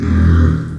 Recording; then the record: squeal of a Yucatan mini pig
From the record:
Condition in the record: after surgery on the right vocal fold (resection and tissue-engineered implant); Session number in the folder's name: 12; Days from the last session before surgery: 105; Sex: female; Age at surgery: 19 weeks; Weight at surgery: 25 kg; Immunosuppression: prednisolone